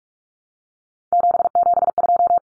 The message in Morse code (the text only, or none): 772